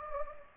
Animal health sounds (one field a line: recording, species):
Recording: mosquito wingbeat signal from an infrared sensor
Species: Anopheles gambiae